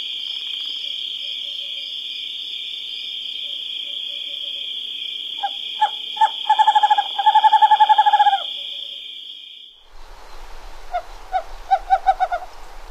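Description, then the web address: Western screech-owl hooting: a quick bouncing series of hoots, then another series, with a loud steady high-pitched drone that stops between them. Recorded in North America. "Songs of Birds of North America Stokes. Western Screech-Owl"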